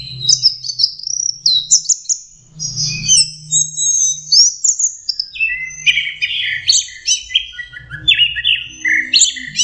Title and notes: Suara Burung Anis Merah Teler. Masteran Anis Kembang